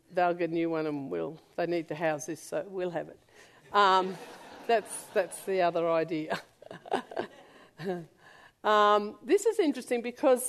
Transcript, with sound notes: they’ll get a new one, and they’ll need to house this, so we’ll have it. [laughter] That’s the other idea. This is interesting, because,